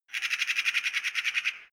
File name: magpie clamore